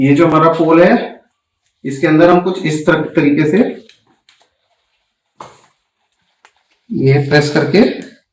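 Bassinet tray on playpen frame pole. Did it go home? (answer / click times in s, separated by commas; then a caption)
no / none. A bassinet tray is pressed down onto the frame pole of a Baybee baby playard while someone talks, with a few faint handling ticks and taps in the pauses between speech. The tray has not seated or clicked onto the pole yet.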